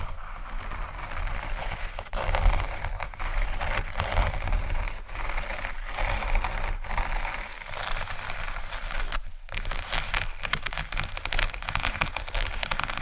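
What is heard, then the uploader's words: Faux leather is scratched in a continuous, dense rasping with many small crackling clicks layered through it, like a patter of rain. The rough hiss stays fairly even, with brief dips around two, five and seven seconds and a short pause near nine seconds. ASMR Faux Leather Scratching（No Talking）.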